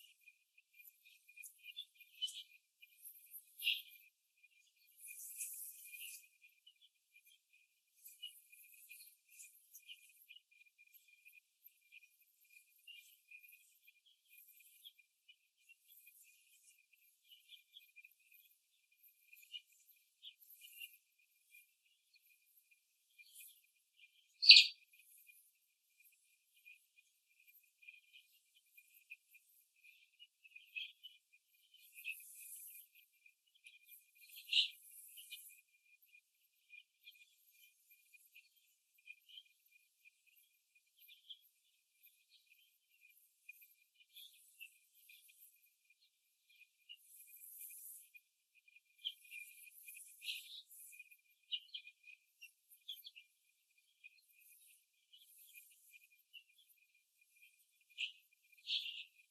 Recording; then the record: young laying hens in a cage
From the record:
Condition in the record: after the stressor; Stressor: simulated dog barking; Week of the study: 2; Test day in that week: 2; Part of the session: 4